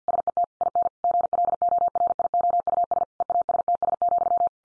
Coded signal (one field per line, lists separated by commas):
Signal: Morse code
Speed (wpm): 50 wpm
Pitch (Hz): 700 Hz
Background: none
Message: SET IN GLORIOUS EASTS,